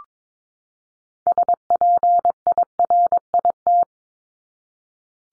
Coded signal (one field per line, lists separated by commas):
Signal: Morse code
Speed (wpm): 22 wpm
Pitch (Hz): 700 Hz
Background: none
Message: SPIRIT